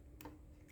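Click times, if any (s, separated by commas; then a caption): 0.2 s. An add-on paddle piece is pushed onto a transforming robot toy until it locks in place, with a sharp hit at 0.2 s followed by a brief softer knock and a faint tick near 0.7 s. The piece thuds into place and is seated.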